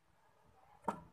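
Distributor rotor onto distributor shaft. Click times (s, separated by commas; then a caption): 0.9 s. A distributor rotor is pressed down onto the distributor shaft of a Toyota Kijang car engine until it seats. After quiet low rumble, a sharp click sounds at 0.9 s with a brief ringing tail. The rotor is seated on the shaft.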